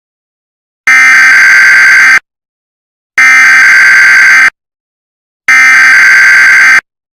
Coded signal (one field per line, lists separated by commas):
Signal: Emergency Alert System (SAME) tones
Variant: header bursts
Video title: Sheriff Woody Channel EAS Test